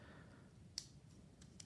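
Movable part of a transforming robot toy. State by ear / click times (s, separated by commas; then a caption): seated / 0.8 s. A movable plastic and metal part of a transforming robot toy is moved until it locks, giving a sharp click at 0.8 s over a low background rumble. Two fainter ticks follow at about 1.4 s and 1.6 s. The part snaps home and stays seated.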